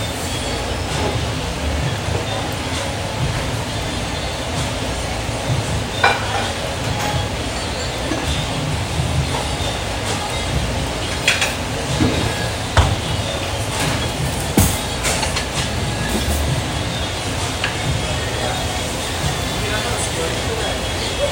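A restaurant kitchen during Sunday breakfast in Phoenix, Arizona, with a steady, dense bed of low rumble and murmuring voices throughout. Sharp clinks and clatters of dishes and utensils break through every few seconds, with louder knocks near 7, 12.5 and 14.5 seconds.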